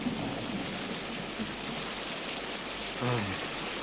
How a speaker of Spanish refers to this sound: Llueve.